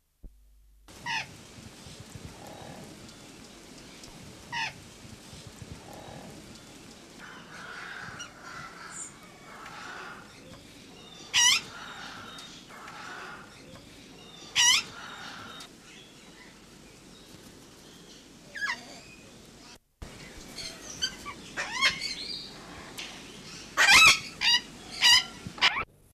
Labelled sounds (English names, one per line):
Slaty-headed Parakeet call